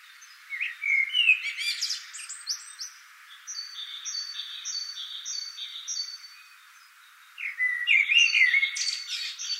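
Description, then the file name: Common blackbird song: a fluty, warbled low phrase with squeaky high twitters, returning near the end, while another bird repeats short high paired notes in a steady series. "Turdus merula"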